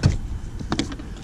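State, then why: Seated. A small plastic hatch cover is closed into the hatch opening on a kayak deck. After a brief knock at the start, it latches with two sharp snaps at 0.7 s and 0.8 s, then a faint tick at 0.9 s. The lid is locked and fully seated.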